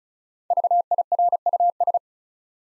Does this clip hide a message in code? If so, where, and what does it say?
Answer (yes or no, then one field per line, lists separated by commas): yes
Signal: Morse code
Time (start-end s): 0.5-2.0 s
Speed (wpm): 34 wpm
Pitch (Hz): 700 Hz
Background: none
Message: VIRUS